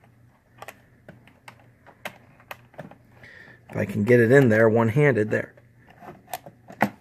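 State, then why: Seated. A wired Super Nintendo controller plug is pushed one-handed into the front controller port of an SNES Classic console, with light scraping and tapping clicks while someone talks. It clicks home at 6.8 s, seated securely and not going anywhere.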